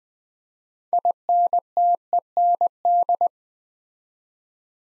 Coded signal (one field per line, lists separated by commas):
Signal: Morse code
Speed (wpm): 20 wpm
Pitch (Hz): 700 Hz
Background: none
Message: INTEND